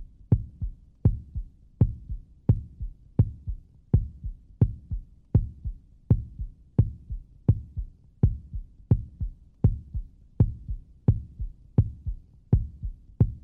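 Steady lub-dub heartbeat at about 85 beats a minute with a regular rhythm; a normal human heartbeat hospital sound effect.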